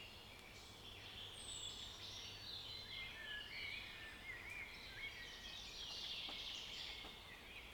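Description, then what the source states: Birds in a faint chorus of several singers, chirps and warbled whistles repeating over a low rumble. Birds in a forest.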